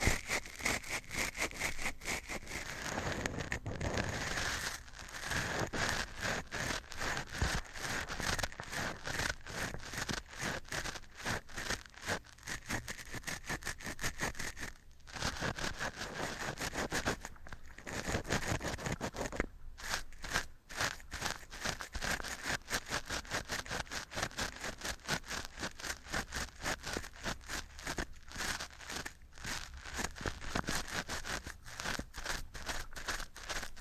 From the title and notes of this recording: TimASMR-Scratching & Tapping Triggers. (NO TALKING).